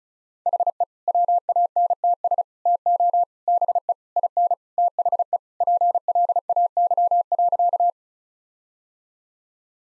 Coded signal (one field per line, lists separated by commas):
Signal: Morse code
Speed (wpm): 36 wpm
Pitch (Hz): 700 Hz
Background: none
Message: HE WANTS TO BE IN THE PLAY.